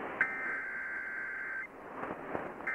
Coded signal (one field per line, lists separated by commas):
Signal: Emergency Alert System (SAME) tones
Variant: header bursts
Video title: February 24, 2018 Severe Weather Event (EAS #451-459)